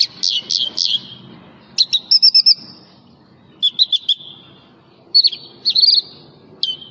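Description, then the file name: Javan bush lark song: bursts of high, sharp chirps and short trilled notes, separated by brief pauses. "suara burung branjangan jawa"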